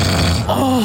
A big snore.